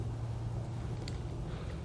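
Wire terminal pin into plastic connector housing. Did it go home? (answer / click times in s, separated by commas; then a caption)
no / none. A metal wire terminal pin with square locking notches is handled at the back of a plastic Pollak 5th wheel/gooseneck 7-pole T-connector housing for a 2013 GMC Sierra. A steady low hum runs throughout, with one brief sharp tick near 1.1 seconds. Nothing has seated or clicked yet; the pin is not home.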